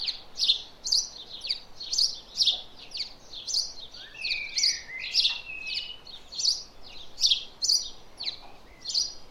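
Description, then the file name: House sparrow chirping calls, harsh repeated chirps, plus a lower drawn-out note near the middle. "Passer domesticus"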